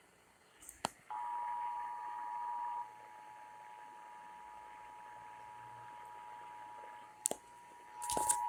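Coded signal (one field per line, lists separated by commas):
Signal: Emergency Alert System (SAME) tones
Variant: 853 and 960 Hz attention tone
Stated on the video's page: Real broadcast radio Required Monthly Tests received from San Francisco and Sacramento stations.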